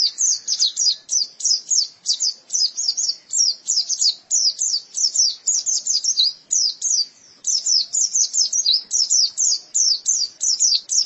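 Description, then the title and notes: White-eye singing a long, fast series of thin, high twittered notes in tight pulsing bursts, almost without pause. "Suara kicauan burung pleci"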